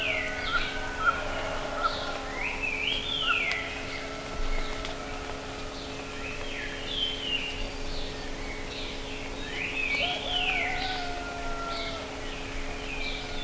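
Birds giving slurred whistles that rise and fall in loose bursts, with a few drawn-out lower whistles and a low background hum.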